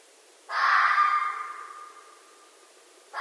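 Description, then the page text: Red fox giving a harsh, hoarse call that starts abruptly, holds a raspy tone and fades over about a second and a half; a second call begins at the end. Recorded at night. "Night Sounds, Pt 7 â€“ Red Foxes – Stan Courtney"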